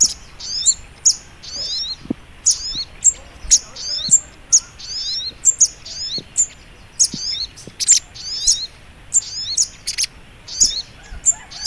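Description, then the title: Little Spiderhunter giving bright, piercing chirps in quick succession, a few louder sharp clicks breaking the rhythm. Training (masteran) song in the Labaik style. "Masteran Burung Sogok Ontong Labaik"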